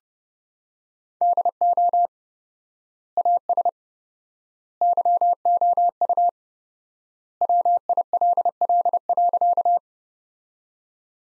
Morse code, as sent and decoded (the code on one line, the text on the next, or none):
-.. --- / .- ... / -.-- --- ..- / .-- .. .-.. .-.. .-.-.-
DO AS YOU WILL.